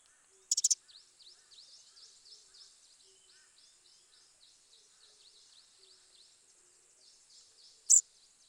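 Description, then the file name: Eurasian wren giving a quick burst of sharp loud clicks, then a single loud click several seconds later, with faint high thin notes between them. "Troglodytes troglodytes"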